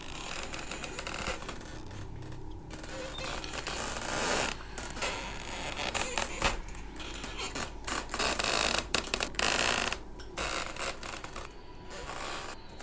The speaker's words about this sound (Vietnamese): Cánh cửa gỗ đã cũ, mặc dù đã đóng vào rồi, thế nhưng gió vẫn cứ lay lay luồn qua khe cửa. Cánh cửa vẫn cứ nhúc nhích tì vào cái bản lề cót ca cót két.